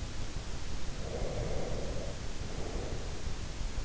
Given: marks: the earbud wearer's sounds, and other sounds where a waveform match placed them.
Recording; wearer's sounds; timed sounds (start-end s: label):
sounds in sleep by an in-ear microphone; breath
0.94-3.33 s: breath